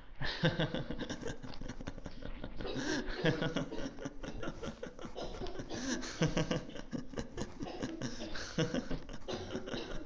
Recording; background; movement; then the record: laughter; a bystander coughing; walking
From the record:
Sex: male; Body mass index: 22.0 kg/m2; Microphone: on the chest, facing the body